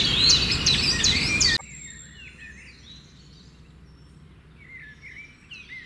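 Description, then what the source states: Birds singing, a loud burst of busy high chirping at the start, then softer scattered whistled and chirped notes. Birds among camp sounds.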